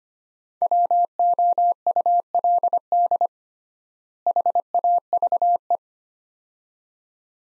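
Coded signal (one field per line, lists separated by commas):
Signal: Morse code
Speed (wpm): 25 wpm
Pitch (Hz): 700 Hz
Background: none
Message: WOULD HAVE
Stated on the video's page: Morse practice drill of two-word phrases at 25 wpm with 3x word spacing, a Farnsworth-like method; each set sent in Morse, spoken, then sent again.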